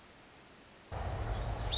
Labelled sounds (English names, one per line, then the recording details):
Song Sparrow
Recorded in Sonoma County, California